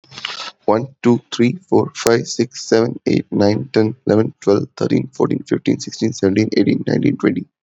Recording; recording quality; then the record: counting at a fast pace; excellent, no background noise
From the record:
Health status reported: healthy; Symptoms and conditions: none ticked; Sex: male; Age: 26 years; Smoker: not ticked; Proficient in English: yes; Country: India